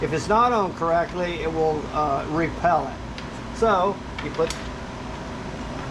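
A person handles a magnetic charging cable head over the charging port of a pair of bone conduction headphones, positioning it from the top; the magnetic connector repels if the orientation is wrong. Someone talks throughout over a steady low background hum, with a few faint soft ticks. Nothing has seated or snapped into place yet by the end of the clip.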